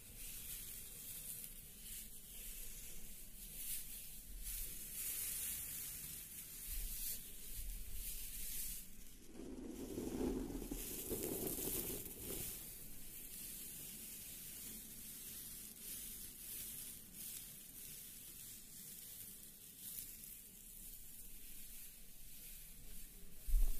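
A hair roller brushes and rustles against hair with a steady hissing texture, briefly duller and lower around ten seconds, ending with a soft knock.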